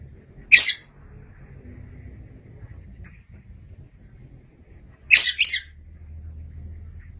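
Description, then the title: Oriental magpie-robin giving two short, harsh, high-pitched notes several seconds apart, the second a quick double burst, with faint low background hum. "Suara Kicauan Burung Kacer Durasi Panjang"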